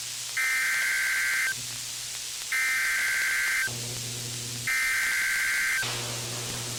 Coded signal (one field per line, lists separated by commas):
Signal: Emergency Alert System (SAME) tones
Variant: header bursts